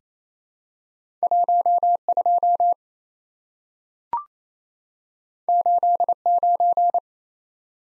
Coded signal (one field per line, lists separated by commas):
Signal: Morse code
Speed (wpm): 27 wpm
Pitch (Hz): 700 Hz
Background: none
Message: 12 89